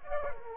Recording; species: mosquito wingbeat signal from an infrared sensor; Culex quinquefasciatus